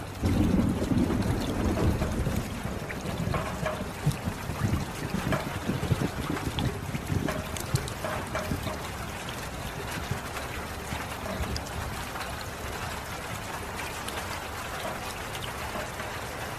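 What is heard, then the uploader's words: Water sounds with a steady rushing wash, heavier and more churning in the low end during the first eight seconds, then settling into a smoother, quieter flow. Scattered splashes and small trickling clicks appear throughout, with a faint windy rumble underneath. Meditation with Water Sounds.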